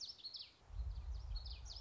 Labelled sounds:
Common Yellowthroat (Geothlypis trichas)
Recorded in Sonoma County, California

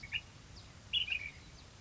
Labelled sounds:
Ash-throated Flycatcher (Myiarchus cinerascens)
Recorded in Sonoma County, California

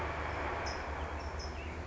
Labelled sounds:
California Towhee (Melozone crissalis)
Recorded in Sonoma County, California

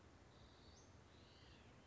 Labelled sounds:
Western Flycatcher (Empidonax difficilis)
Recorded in Sonoma County, California

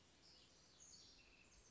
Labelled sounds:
House Wren (Troglodytes aedon)
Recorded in Sonoma County, California

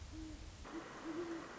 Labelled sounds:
Great Horned Owl (Bubo virginianus)
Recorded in Sonoma County, California

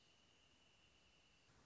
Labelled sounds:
Wrentit (Chamaea fasciata)
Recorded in Sonoma County, California

